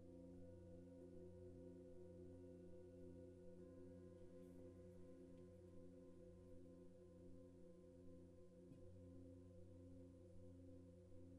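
Singing bowls hum with steady, low layered tones that slowly pulse and waver, a soft tap near eight seconds briefly brightening the drone.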